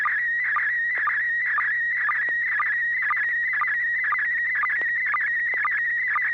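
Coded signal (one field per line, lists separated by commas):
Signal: SSTV (slow-scan television)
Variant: PD120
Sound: warbling, wavering tone around 2 kHz with short low chirps about twice a second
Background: low hum, radio hiss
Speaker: okay this S6 pgq and this is a PD 120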